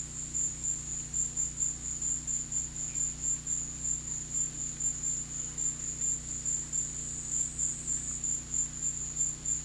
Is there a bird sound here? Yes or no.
no